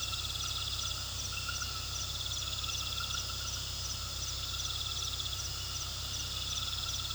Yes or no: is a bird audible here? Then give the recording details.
no. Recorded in pastures near Puerto Asís, Putumayo, Colombia, on 18 February 2024 at 20:30. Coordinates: 0.486, -76.323. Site G6462